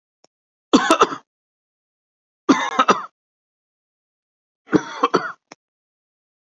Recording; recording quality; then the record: heavy voluntary cough; excellent, no background noise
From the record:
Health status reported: healthy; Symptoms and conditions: diabetes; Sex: male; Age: 54 years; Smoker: not ticked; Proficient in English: yes